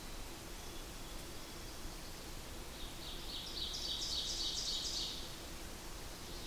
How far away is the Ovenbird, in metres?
about 70 m